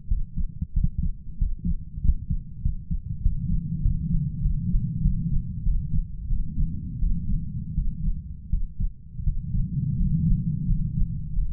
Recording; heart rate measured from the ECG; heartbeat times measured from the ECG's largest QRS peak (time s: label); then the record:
heart sounds by stethoscope; 91 bpm
0.08 s: heartbeat
0.73 s: heartbeat
1.38 s: heartbeat
2.01 s: heartbeat
2.61 s: heartbeat
3.21 s: heartbeat
3.81 s: heartbeat
4.41 s: heartbeat
5.01 s: heartbeat
5.63 s: heartbeat
6.27 s: heartbeat
6.99 s: heartbeat
7.74 s: heartbeat
8.49 s: heartbeat
9.23 s: heartbeat
9.96 s: heartbeat
10.66 s: heartbeat
11.33 s: heartbeat
From the record:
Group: healthy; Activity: rest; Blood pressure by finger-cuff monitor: 109/73 mmHg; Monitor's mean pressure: 84 mmHg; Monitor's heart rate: 89 bpm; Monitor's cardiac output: 7.6 L/min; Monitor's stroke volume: 84 mL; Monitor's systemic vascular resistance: 830 dyn s/cm5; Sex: male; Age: 33 years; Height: 179 cm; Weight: 80.4 kg